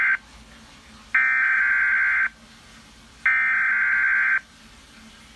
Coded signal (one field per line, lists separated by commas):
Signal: Emergency Alert System (SAME) tones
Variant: header bursts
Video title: Emnet Tornado Warning on WJON (EAS #601)